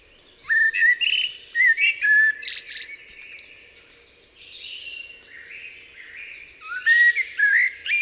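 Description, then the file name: Common blackbird song: mellow whistled phrases with sliding notes and high twittery ends, in bursts. "Turdus merula"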